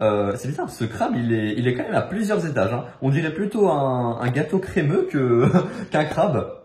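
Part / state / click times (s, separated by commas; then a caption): plastic model kit part into mating plastic part / not seated / none. A plastic part of a small model robot kit, a crab-like piece, is handled while being fitted into a mating plastic part, as someone talks throughout. Nothing has seated or clicked yet; the part is not yet home when the clip ends.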